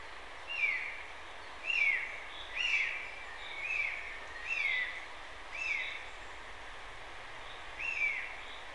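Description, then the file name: Eurasian jay calls: seven clear, downslurred notes, repeated roughly once a second, with a gap near the end, over steady faint background hiss. "Garrulus glandarius"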